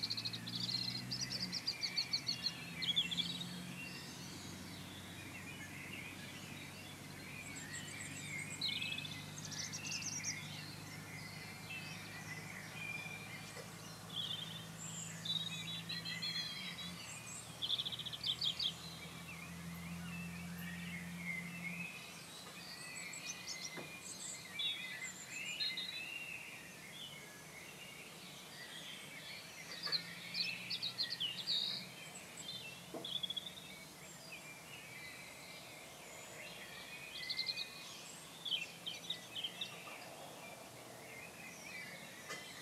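A dawn chorus in the countryside, with many birds singing at once in dense, overlapping chirps and trills high up. A low steady hum, like an engine, runs underneath for the first twenty seconds, then fades, leaving the birdsong over quiet background air.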